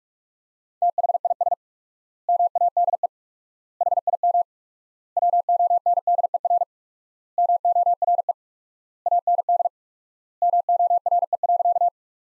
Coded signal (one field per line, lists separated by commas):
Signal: Morse code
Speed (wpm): 46 wpm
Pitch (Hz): 700 Hz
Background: none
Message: THIS MADE HIM WONDER MORE AND MORE.